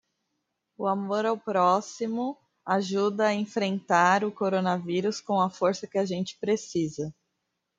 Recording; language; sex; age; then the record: spoken sentence; Brazilian Portuguese; male; 30 to 39 years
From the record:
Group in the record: control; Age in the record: 31 years